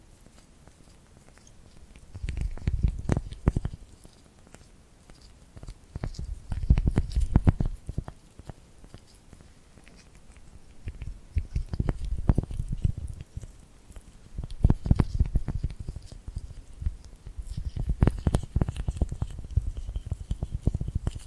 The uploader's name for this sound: Tingly Glued Hand Sounds